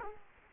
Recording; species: mosquito wingbeat signal from an infrared sensor; Culex quinquefasciatus